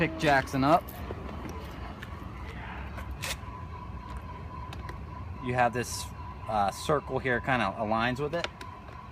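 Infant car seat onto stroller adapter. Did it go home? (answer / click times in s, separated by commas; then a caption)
no / none. An infant car seat is handled over a stroller adapter, with its circle marker being lined up with the adapter while someone talks. Brief handling taps and knocks sound under a steady low hum. Nothing has seated or clicked yet.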